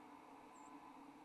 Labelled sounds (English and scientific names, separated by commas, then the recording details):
White-throated Sparrow (Zonotrichia albicollis) flight call
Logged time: 00:00 on 29 November 2014